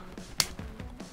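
A GoPro action camera is slid into the plastic Media Mod housing of the Creator Edition, with soft low taps and handling sounds around it. A single sharp, loud snap at 0.4 s marks the camera seating firmly in the frame.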